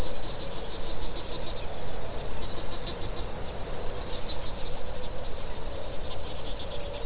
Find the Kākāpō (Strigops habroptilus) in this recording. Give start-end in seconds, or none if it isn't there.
none